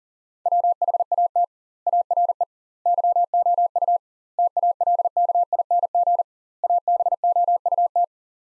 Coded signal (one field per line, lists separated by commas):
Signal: Morse code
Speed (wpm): 40 wpm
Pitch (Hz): 700 Hz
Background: none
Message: WHAT ARE YOU TALKING ABOUT